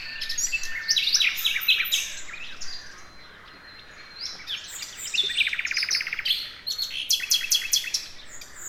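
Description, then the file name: Common nightingale song: varied chirping phrases, a brief lull, then a rapid buzzy trill and loud repeated notes near the end. "Luscinia megarhynchos"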